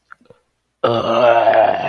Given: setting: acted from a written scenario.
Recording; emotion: vocal sound without words; disgust